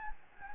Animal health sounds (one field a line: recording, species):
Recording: mosquito wingbeat signal from an infrared sensor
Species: Anopheles gambiae